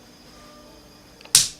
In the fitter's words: click wow this is just lovely